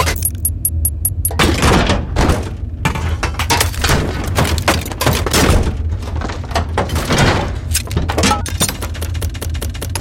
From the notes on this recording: Factory machine sounds, rusted industrial objects, loud metal impacts, clocks, small and large gear sounds